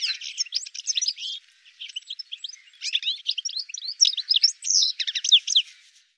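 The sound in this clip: Bird song, a fast jumble of varied high chirps, trills and slurred whistles running almost continuously, with a brief lull near the middle.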